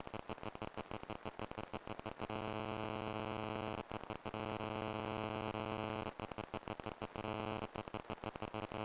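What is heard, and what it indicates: A steady, very high-pitched whistling tone runs unbroken throughout, overlaid by intermittent buzzing and rapid clicking bursts. It is a simulation of tinnitus, the ringing or hissing sound a person with the condition perceives.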